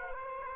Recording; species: mosquito wingbeat signal from an infrared sensor; Aedes aegypti